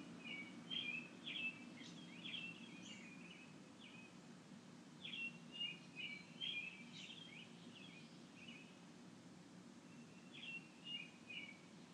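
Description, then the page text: American robin singing: several short phrases of clear whistled notes given in bursts, over steady low background noise. Recorded March 31, 2012; robin described as very happy. "A very happy Robin on March 31, 2012. by Shannon Dunlop"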